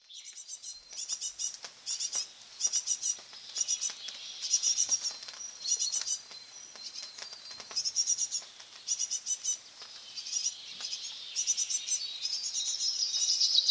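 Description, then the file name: Eurasian blue tit calls: many short, high, buzzy bursts repeated in a steady, insistent series, with faint ticking sounds in between. "Cyanistes caeruleus"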